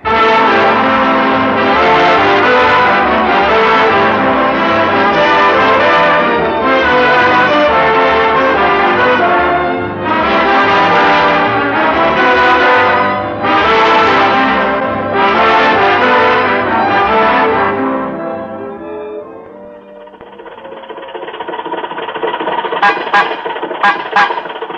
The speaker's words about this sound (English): You don't honk at red lights, you stop for them.